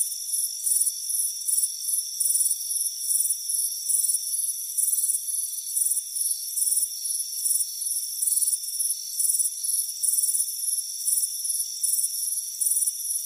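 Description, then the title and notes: Crickets chirping in a dense high chorus, pulsed bursts repeating quickly over a constant shrill trill. Chirping crickets on a warm afternoon on a front porch. "Soothing Crickets Chirping Sound. It's a warm afternoon as you relax in a hammock on the front porch. Relax and fall asleep to the soothing sound of chirping crickets. Deep Sleep Sounds"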